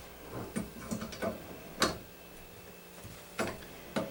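A pull-out spray head on its hose is being fitted into the end of a Delta Touch kitchen faucet spout. Several short clicks and taps are heard, the sharpest around 1.8, 3.4 and 4.0 seconds. Nothing has seated or clicked home yet.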